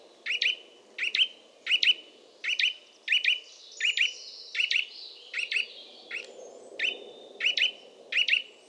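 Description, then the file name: Eurasian nuthatch repeating sharp doubled call notes steadily, roughly every three-quarters of a second, clear and loud over a soft low rumble. "Sitta europaea"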